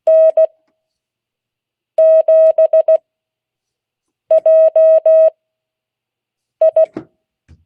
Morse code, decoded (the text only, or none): N7JI